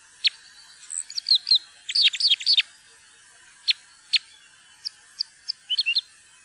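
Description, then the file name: Parrot crossbill calling: hard clipped chup notes, a single note, then dense overlapping bursts, then spaced single chips, ending in a short fast cluster of notes. "furukorsnebb"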